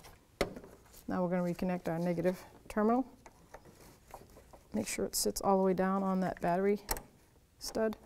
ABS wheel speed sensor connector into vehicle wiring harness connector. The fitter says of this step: line it up push it until it clicks now